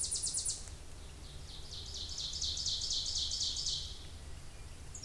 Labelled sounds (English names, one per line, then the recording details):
Ovenbird song
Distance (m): 35 m
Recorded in boreal forest in Alberta, Canada, on 26 May 2016 at 08:11
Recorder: SongMeter 3, array SBT-3-15
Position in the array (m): 54 m, 222 m
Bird 20